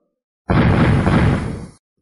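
A deep, muffled explosion erupts suddenly and loudly, a dense rumbling blast that holds for over a second before tapering off into silence, as the protective auras of Thạch Xuyên Không and two others shatter under golden lightning.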